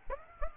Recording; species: mosquito wingbeat signal from an infrared sensor; Aedes aegypti